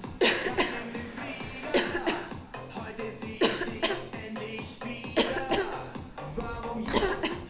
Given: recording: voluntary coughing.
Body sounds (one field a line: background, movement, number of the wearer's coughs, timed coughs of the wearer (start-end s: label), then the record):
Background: music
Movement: sitting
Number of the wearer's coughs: 10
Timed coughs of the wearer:
0.18-0.56 s: cough
0.56-0.85 s: cough
1.71-2.04 s: cough
2.04-2.30 s: cough
3.38-3.67 s: cough
3.81-4.00 s: cough
5.15-5.49 s: cough
5.48-5.80 s: cough
6.85-7.21 s: cough
7.21-7.40 s: cough
From the record:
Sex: female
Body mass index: 18.3 kg/m2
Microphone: on the chest, facing outward